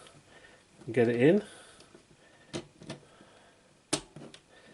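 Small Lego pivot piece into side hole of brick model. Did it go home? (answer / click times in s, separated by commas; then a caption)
yes / 3.9 s. Someone talks while a small Lego plastic piece is pushed into a hole in the side of a Lego Super Mario 64 Question Mark Block brick model (set 71395) to form a pivot. A few soft taps follow, then a sharp click at 3.9 s as the piece seats in the hole.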